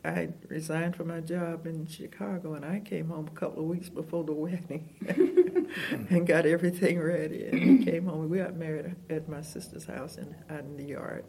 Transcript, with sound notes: I resigned from my job in Chicago, and I came home a couple of weeks before the wedding, (laughter) and got everything ready, and came home. And we got married at my sister’s house, out in the yard.